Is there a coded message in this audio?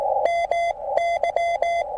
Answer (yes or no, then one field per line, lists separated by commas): yes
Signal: Morse code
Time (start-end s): 0.2-1.8 s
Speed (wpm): 19 wpm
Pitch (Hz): 680 Hz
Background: none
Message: M Y